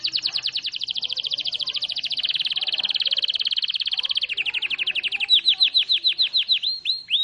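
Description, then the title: Canary song: a long fast rolling trill of high repeated notes, slowing at the end into separate downward-sweeping whistles. Domestic canary singing long rolls; used for training other birds. "Master Burung Jos"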